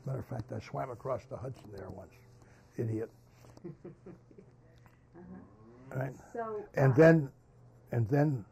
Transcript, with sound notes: Matter of fact, I swam across the Hudson there once. Idiot.
[Laughs] Uh-huh.
And then--
So—
And then,